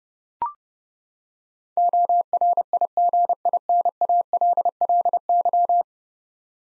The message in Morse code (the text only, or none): ORIGINALLY